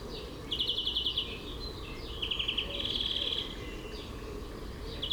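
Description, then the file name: European greenfinch singing, fast trills and a sustained buzzy note in quick succession, with a constant low background hum. "Chloris chloris"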